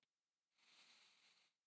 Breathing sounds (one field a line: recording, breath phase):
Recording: one breath near a microphone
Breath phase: inhalation